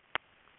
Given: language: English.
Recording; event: throat vibration sensor signal played as sound; swallow